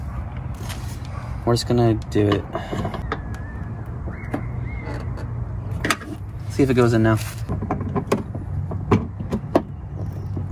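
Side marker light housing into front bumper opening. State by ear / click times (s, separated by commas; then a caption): not seated / none. Someone talks while fitting a replacement Unity Performance side marker light housing into its opening in the front bumper of a 2020 Honda Civic Si (10th gen Civic), with handling noises and sharp plastic taps and knocks between about 4.3 and 9.6 seconds. The housing is being pushed into place, but nothing has seated or clicked yet.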